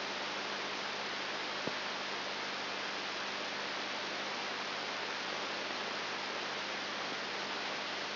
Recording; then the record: brain microelectrode recording played as sound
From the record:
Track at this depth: inside the subthalamic nucleus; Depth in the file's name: 3.901 mm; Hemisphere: left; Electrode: 3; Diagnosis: Parkinson's disease